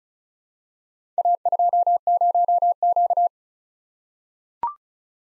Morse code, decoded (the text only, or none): A20Q